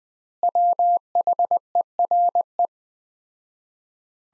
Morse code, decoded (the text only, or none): WHERE